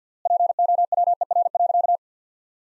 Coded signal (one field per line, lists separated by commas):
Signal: Morse code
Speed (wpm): 45 wpm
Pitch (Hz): 700 Hz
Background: none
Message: POWER.